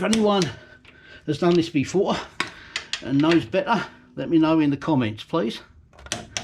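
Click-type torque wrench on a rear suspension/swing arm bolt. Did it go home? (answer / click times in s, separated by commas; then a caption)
yes / 6.1 s, 6.4 s. A click-type torque wrench set to 25 ft-lb tightens a bolt on the rear suspension or swing arm of a 2011 Ural Tourist motorcycle, and someone talks throughout. Sharp metallic clicks come at 6.1 s and 6.4 s, as the wrench clicks at its setting on the second try.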